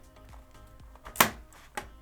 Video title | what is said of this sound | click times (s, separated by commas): Sony Playstation 4 PS4 Slim No Power Power Supply Replacement - Repair Tutorial | you should hear a few clicks that is fine | 1.2 s, 1.8 s